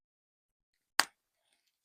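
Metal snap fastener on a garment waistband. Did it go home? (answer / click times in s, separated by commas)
yes / 1.0 s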